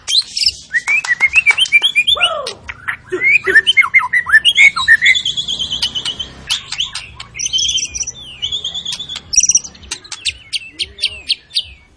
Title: PANCINGAN MURAI BATU. MURAI GACOR SUPER EDAN SEMUA MATERI DI KELUARIN COCOK BUAT DONGKRAK EMOSI. SHAMA BIRD